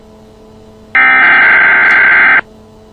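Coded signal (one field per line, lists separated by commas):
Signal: Emergency Alert System (SAME) tones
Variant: header bursts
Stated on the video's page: Simulated NOAA tornado warning with a Federal Signal Thunderbolt 1000 siren, made with a DECtalk-voiced non-SAME header-capable device.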